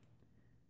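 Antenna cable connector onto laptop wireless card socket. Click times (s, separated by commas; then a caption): 0.0 s. A small round antenna cable connector is lined up over its socket on a laptop Wireless AC wifi card with Bluetooth and pushed down. A brief, faint, bright click sounds at 0.0 s over a low steady background hum, as the connector pops in and is seated.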